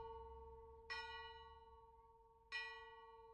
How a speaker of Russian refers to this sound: Чистый колокольный звон.